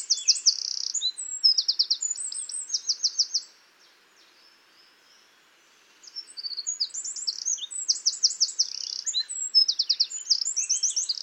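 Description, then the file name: Eurasian wren singing a loud, high-pitched rush of fast trills and chattering notes, broken by a short silence before a second energetic burst. "Troglodytes troglodytes"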